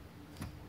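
The small parking-brake pedal on a Club Car golf cart is pressed down until it latches into lock in the pedal assembly, engaging brake mode. A single sharp click is heard at 0.4 s over a low steady background hum. The brake pedal is seated and the brake is engaged.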